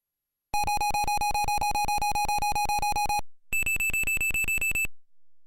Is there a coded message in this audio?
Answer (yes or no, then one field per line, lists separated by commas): no